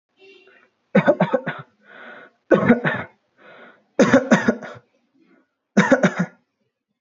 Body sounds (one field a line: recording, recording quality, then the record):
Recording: shallow voluntary cough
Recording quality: moderate, slight background noise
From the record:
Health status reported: respiratory illness, not identified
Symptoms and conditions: asthma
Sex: male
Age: 21 years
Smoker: not ticked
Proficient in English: yes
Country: India